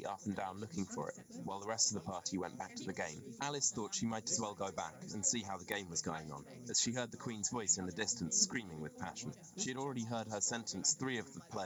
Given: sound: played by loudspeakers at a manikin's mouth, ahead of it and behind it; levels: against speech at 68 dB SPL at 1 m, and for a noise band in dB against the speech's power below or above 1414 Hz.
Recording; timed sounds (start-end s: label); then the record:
test signals for a remote microphone
0.00-11.66 s: man speaking, babble ahead at +6 dB SNR for speech at 1 m
From the record:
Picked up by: remote microphone A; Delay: 47 ms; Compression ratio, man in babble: 10.50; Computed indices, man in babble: HASPI 1.000, HASQI 0.322 (non-linear 0.372, linear 0.866), ESTOI 0.714